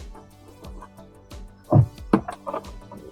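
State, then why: Seated. A wiring harness plug is pushed into the socket on the back of an aftermarket plastic taillight for a VW Polo 9n/9n3/9n4/Vivo, with music playing in the background. A few small knocks come first, and the plug clicks into place at 2.1 seconds, seating the connector.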